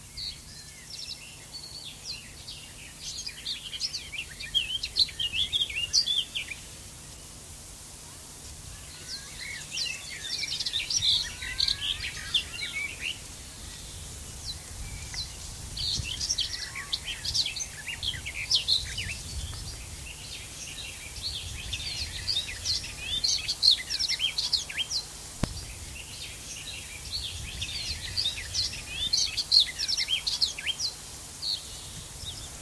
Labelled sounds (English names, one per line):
Garden Warbler song